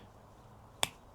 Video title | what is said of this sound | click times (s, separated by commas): Let's compare some of @JackWolfKnives models next to each other. | hear that click bam this sucker is ready to go and then | 0.8 s